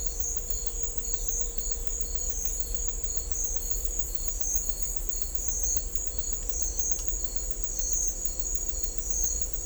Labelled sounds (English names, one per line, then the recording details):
none
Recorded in dense forest near Puerto Asís, Putumayo, Colombia, on 16 December 2024 at 09:30
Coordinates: 0.500, -76.322
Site G053